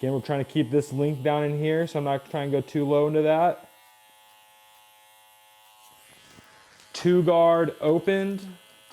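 A plastic number-two guard is handled over the blade of a running electric hair clipper, so it won't fall off mid-cut during a beard trim. Someone talks from the start to about 3.6 s and again from about 7.0 s, with the clipper's steady buzz in between. Nothing has seated or clicked yet.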